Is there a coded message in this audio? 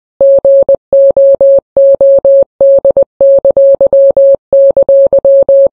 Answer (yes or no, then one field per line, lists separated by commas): yes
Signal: Morse code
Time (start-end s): 0.2-5.7 s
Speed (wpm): 20 wpm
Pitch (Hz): 550 Hz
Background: none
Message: GOOD!!